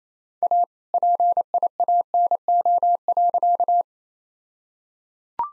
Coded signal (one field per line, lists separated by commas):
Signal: Morse code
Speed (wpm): 27 wpm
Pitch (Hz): 700 Hz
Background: none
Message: A PIANO.